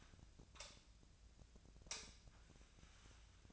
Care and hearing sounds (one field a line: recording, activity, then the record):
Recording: daily activity, microphone in the room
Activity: light on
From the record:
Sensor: 2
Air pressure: 1009.7 hPa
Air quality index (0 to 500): 182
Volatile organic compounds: 11 ppm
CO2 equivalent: 2265 ppm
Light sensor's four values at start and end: 26/64/28/30 and 31/82/35/37